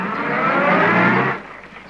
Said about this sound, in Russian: Их так много, что они стоят на подножках грузовика и держатся за борт. Грузовик уезжает.